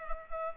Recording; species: mosquito wingbeat signal from an infrared sensor; Culex pipiens